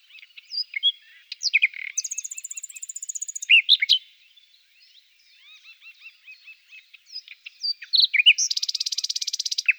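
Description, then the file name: Common nightingale song: varied chirps and slurred notes, a high rapid trill, then more scattered phrases and a final loud rattling trill. "Fülemülék"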